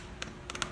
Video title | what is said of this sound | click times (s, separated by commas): The Right Fit | and it's looped through your pants, you can hear it latch, | 0.2 s, 0.5 s, 0.6 s